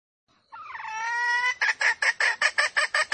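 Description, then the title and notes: Junglefowl hen call: a long drawn harmonic note followed by a rhythmic series of sharp clucks. Female junglefowl; recording used as a lure to attract wild junglefowl. "Pancingan Ayam Hutan Betina. Suara Ayam Hutan Betina. Pemikat Ayam Hutan"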